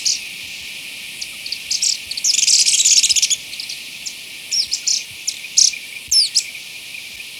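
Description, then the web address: Agile tit-tyrant giving high, thin chirps and fast twittering trills, a dense burst in the middle then scattered sharp notes, with a steady hiss behind. Recorded in Ecuador, South America. "Birds of Ecuador 2. Agile Tit-Tyrant"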